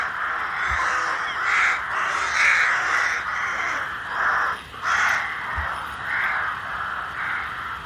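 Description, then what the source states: Rooks cawing together in a noisy chorus, separate harsh caws pulsing through it irregularly, with two brief thumps. Flock gathered at dusk in the Derbyshire Dales during a bat roost count.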